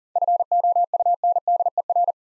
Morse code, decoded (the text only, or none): FOUNDER